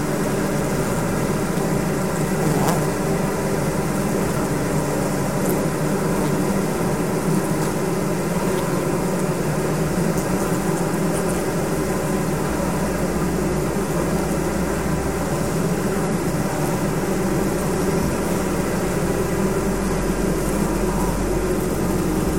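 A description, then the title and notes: Inside a beehive, a thick, steady hum of massed bees fills the space, strongest in the low-middle range, with a faint rumble beneath. The drone holds even throughout, broken only by a brief sharp tick near the third second. Two lapel microphones inside a beehive. Recorded by Martin Clarke in Młynik, Poland, August 2008.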